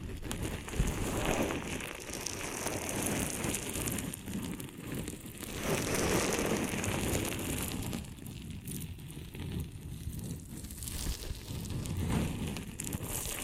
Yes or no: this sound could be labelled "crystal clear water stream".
no